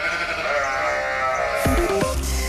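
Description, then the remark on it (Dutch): A sheep bleats in a long, wavering cry, joined near the end by a lower, abrupt second bleat, with no talking over it. “En dan vooral al dat leed hè, met die schapen.”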